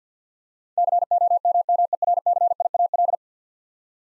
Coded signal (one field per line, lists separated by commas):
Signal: Morse code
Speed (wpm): 50 wpm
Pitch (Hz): 700 Hz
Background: none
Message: COMMERCIAL